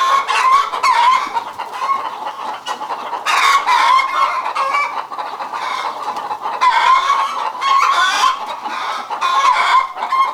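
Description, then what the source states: Chickens calling in an agitated chorus, overlapping squawks and clucks with repeated loud harsh bursts, several birds at once. Several chickens, described as hysterical.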